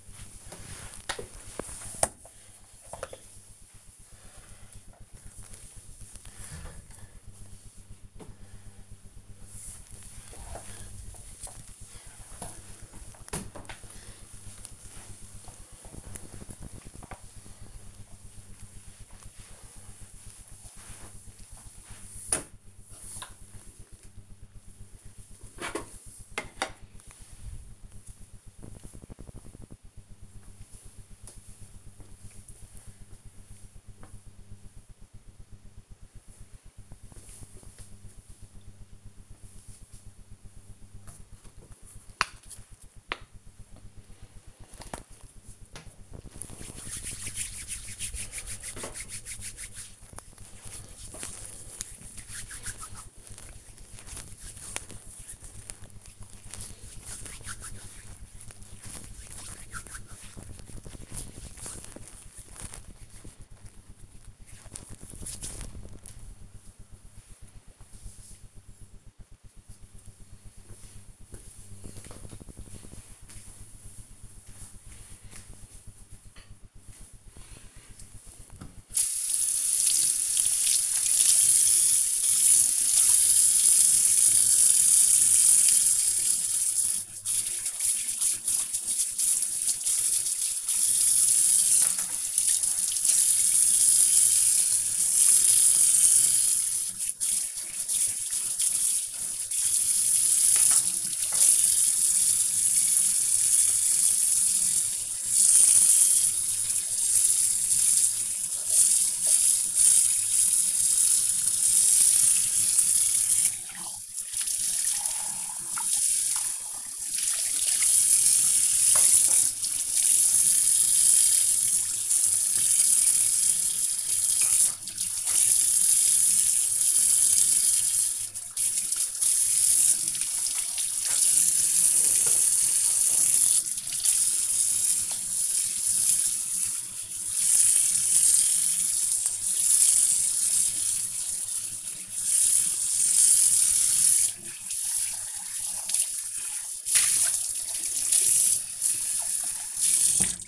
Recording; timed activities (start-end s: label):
household activities, microphone on the right wrist
0.00-25.00 s: floor cleaning
41.05-65.16 s: cream hands
77.26-150.48 s: washing dishes